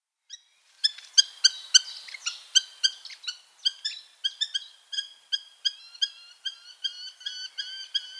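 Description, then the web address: Eurasian hobby giving sharp, high notes, irregular at first with some rough noise, then settling into a steadier run of quick repeated calls. "Schulze Peter Hobby"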